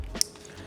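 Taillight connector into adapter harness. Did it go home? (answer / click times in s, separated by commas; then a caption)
yes / 0.2 s. A plastic taillight harness connector on a 2022+ Subaru WRX is pushed into an adapter harness, and a sharp snap at 0.2 seconds shows it has seated. Quieter handling noise comes before and after the click.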